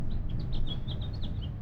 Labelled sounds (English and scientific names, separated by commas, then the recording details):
House Finch (Haemorhous mexicanus) song
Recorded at Lynbrook on Long Island, New York, on 17 June 1975
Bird B